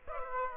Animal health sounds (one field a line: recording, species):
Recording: mosquito wingbeat signal from an infrared sensor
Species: Aedes aegypti